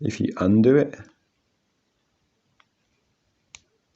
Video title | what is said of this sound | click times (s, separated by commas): Harder & Steenbeck, Infinity Cr plus airbrush unboxing | there's the click that means that the threads are in the right place | 3.6 s